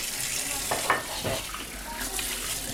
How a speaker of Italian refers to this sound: Ma cosa fai adesso? Pulisco le tazze, piatti, bicchieri.